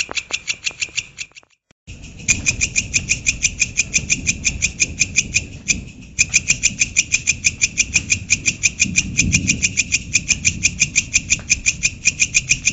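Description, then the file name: Grasshopper stridulation: rapid high-pitched rasping pulses about three per second, interrupted by two brief pauses, with a low rumble beneath. "belalang kerek"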